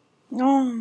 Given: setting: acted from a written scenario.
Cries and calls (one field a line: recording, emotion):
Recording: vocal sound without words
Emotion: embarrassment